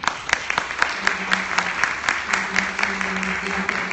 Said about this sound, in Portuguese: Então, eu queria que vocês dessem uma salva de palmas.